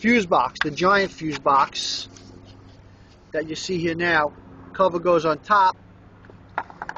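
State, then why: Seated. A plastic cover is placed on top of the engine bay fuse box of a 2001 Toyota Camry and pressed down while someone talks. Its clips snap into place with sharp clicks at 6.6, 6.8 and 6.9 seconds, and the cover is seated with no big challenge.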